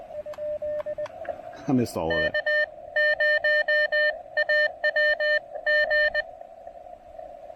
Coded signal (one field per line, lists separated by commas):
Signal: Morse code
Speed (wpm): 20 wpm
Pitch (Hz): 1800 Hz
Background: speech, radio noise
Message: K0AWG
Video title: POTA QRP and DX at Cap Tourmente National Wildlife Area in St-Joachim, Québec